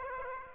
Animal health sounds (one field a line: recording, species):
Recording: mosquito wingbeat signal from an infrared sensor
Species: Aedes aegypti